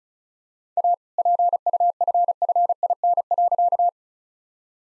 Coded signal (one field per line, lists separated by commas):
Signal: Morse code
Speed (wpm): 34 wpm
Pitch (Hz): 700 Hz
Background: none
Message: A PUFFIN.